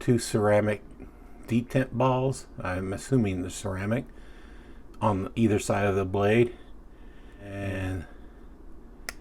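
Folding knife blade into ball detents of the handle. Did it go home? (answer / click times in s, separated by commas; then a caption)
yes / 9.1 s. Someone talks about a Kershaw Federalist folding knife. At 9.1 s its blade gives a sharp snap as it seats into the handle's double detent, engaging two ceramic detent balls, one on each side of the blade.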